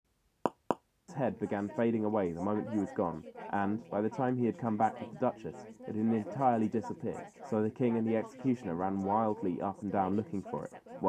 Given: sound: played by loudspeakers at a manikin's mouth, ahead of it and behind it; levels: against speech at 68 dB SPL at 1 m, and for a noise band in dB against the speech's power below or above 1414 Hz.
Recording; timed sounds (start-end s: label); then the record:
test signals for a remote microphone
0.46 s: click
0.71 s: click
1.08-11.09 s: man speaking, babble ahead at +6 dB SNR for speech at 1 m
From the record:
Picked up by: measurement microphone